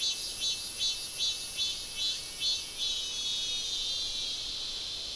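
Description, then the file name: Insect producing rhythmic high buzzy pulses, two or three a second, then settling into a continuous hiss-like drone. "mainly insect"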